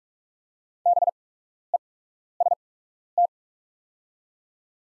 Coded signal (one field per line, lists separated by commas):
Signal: Morse code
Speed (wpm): 45 wpm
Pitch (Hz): 700 Hz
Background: none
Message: BEST